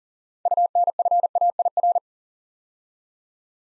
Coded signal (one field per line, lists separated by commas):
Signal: Morse code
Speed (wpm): 42 wpm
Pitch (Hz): 700 Hz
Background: none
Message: UNFAIR